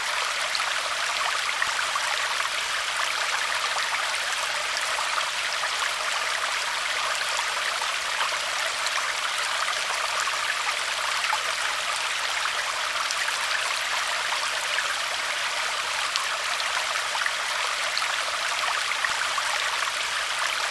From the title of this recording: Trickling Stream